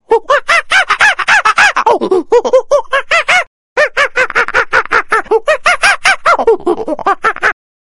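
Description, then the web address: Monkey giving rapid chattering calls, a fast series of rising and falling hoots in two bursts separated by a short pause. "affe"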